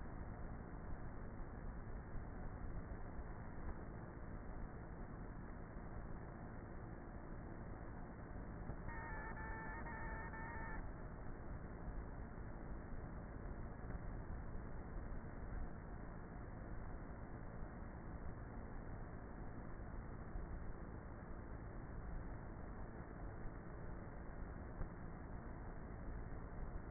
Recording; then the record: honeybee colony, microphone inside the hive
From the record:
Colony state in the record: queenless with a low population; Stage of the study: before two queens were removed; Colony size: about 30,000 bees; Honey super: no